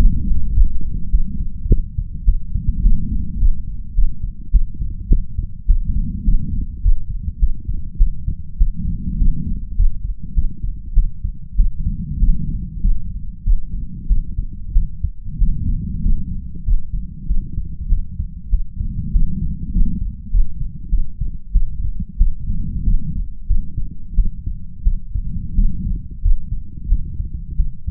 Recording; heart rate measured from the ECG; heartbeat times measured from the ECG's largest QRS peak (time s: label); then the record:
heart sounds by stethoscope; 98 bpm
0.53 s: heartbeat
1.10 s: heartbeat
1.67 s: heartbeat
2.24 s: heartbeat
2.82 s: heartbeat
3.38 s: heartbeat
3.94 s: heartbeat
4.50 s: heartbeat
5.08 s: heartbeat
5.66 s: heartbeat
6.24 s: heartbeat
6.81 s: heartbeat
7.39 s: heartbeat
7.97 s: heartbeat
8.57 s: heartbeat
9.17 s: heartbeat
9.75 s: heartbeat
10.33 s: heartbeat
10.93 s: heartbeat
11.55 s: heartbeat
12.19 s: heartbeat
12.80 s: heartbeat
13.43 s: heartbeat
14.06 s: heartbeat
14.72 s: heartbeat
15.38 s: heartbeat
16.01 s: heartbeat
16.63 s: heartbeat
17.26 s: heartbeat
17.88 s: heartbeat
18.49 s: heartbeat
19.11 s: heartbeat
19.71 s: heartbeat
20.30 s: heartbeat
20.89 s: heartbeat
21.51 s: heartbeat
22.17 s: heartbeat
22.83 s: heartbeat
23.46 s: heartbeat
24.14 s: heartbeat
24.83 s: heartbeat
25.54 s: heartbeat
26.21 s: heartbeat
26.87 s: heartbeat
27.55 s: heartbeat
From the record:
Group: healthy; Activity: rest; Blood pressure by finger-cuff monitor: 113/59 mmHg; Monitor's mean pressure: 76 mmHg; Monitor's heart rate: 98 bpm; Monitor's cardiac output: 9 L/min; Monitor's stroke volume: 94 mL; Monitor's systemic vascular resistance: 600 dyn s/cm5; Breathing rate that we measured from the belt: 18 breaths a minute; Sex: female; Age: 26 years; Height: 165 cm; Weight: 55 kg